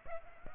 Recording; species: mosquito wingbeat signal from an infrared sensor; Aedes aegypti